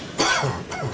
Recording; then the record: coughing mixed with background sound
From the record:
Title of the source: Dry Coughing Fit in the Afternoon.